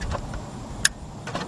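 A wiring harness plug is pushed onto the alternator socket of a Ford Focus during an alternator replacement. Faint handling noises precede a single sharp click at 0.9 s, followed by a softer sound near 1.3 s. The connector is confirmed seated all the way in.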